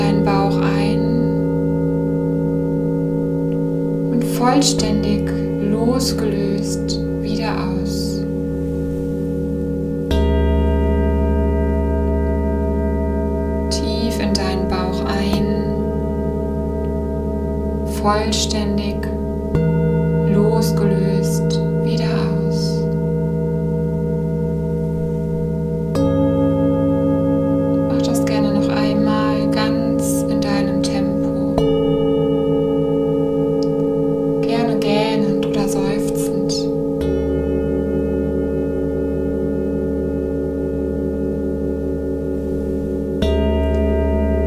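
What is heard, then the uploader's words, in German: Singing bowls vibrate in long, overlapping tones that hold steady throughout, a low hum beneath several clear ringing notes. The blend shifts every few seconds as new tones take over. Short bursts of a speaking voice recur over the drone. Begleitet von den Schwingungen der Klangschalen.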